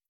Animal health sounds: hydrophone in a shrimp aquaculture tank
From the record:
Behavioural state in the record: starved

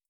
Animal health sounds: hydrophone in a shrimp aquaculture tank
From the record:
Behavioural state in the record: starved

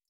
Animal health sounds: hydrophone in a shrimp aquaculture tank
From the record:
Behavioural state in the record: feeding

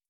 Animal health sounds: hydrophone in a shrimp aquaculture tank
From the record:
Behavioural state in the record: starved

